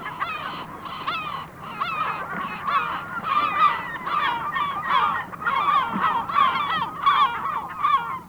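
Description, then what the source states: Herring Gull calls, many loud yelping notes in a dense, continuous series. Field recording, Sweden.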